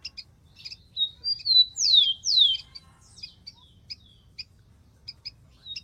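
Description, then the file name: Rufous-collared sparrow song, one phrase of two clear whistles followed by two loud downward-sweeping slurs, with scattered high chip notes around it. "canto do tico tico"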